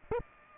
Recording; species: mosquito wingbeat signal from an infrared sensor; Aedes aegypti